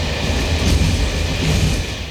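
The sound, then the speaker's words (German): A train rolls steadily along the rails in the morning, shortly before Meißen, a continuous low rumble with a faint rhythmic clatter of wheels and a broad hiss over the top, no voices. “Heute Morgen im Zug, kurz vor Meißen.”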